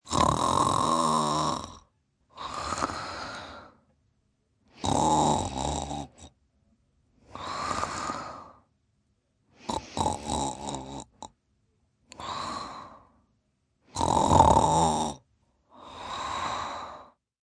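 Loud snoring from an adult: harsh, rattling snores on each in-breath alternate with softer, breathy out-breaths, over about four slow breath cycles separated by brief pauses.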